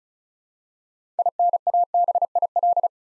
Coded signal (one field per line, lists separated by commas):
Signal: Morse code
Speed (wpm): 36 wpm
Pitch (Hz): 700 Hz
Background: none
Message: INABIL